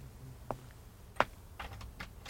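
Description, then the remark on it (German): Keys jingle and clink in a few short, bright metallic bursts, with one sharper rattle in the middle and a cluster of lighter clinks toward the end. No one speaks. “Wo ist denn der Schlüssel?”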